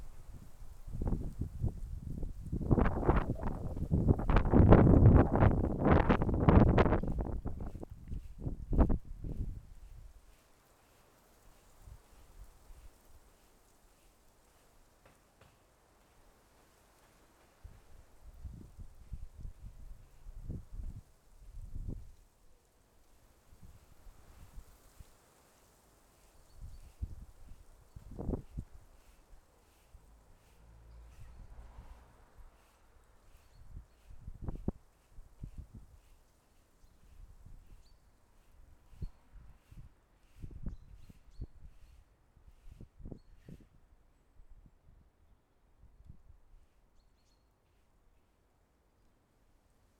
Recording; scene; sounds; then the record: everyday scene through a hearing-aid microphone; wind on the microphone; wind, other noises, traffic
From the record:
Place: suburban garden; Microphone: behind the ear, left, front